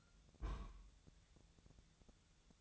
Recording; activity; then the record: daily activity, microphone in the room; place on stove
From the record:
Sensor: 3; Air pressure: 999.2 hPa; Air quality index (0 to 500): 197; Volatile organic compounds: 44 ppm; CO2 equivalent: 3209 ppm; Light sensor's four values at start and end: 7/17/7/7 and 7/17/7/7